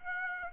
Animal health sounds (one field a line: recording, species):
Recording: mosquito wingbeat signal from an infrared sensor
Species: Aedes aegypti